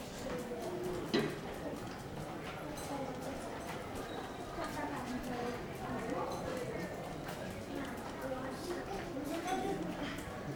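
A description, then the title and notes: A soundwalk at Porto Antico in Genova, with a steady crowd of overlapping voices talking throughout. Scattered sharp clicks and taps, like footsteps or hooves, come through, with one louder knock just after the first second over a constant low murmur. Soundwalk at Porto Antico in Genova with my dog Lungo. By Alessandro Massobrio.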